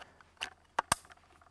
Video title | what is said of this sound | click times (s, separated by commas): Ruger American® Rifle Ranch in 7.62X39 Magazine Tech Tip | The 10-round mag is a little snug, but if you just rock it in till it clicks, and then to pull it out, you can push the tab forward and pull out. | 0.8 s, 0.9 s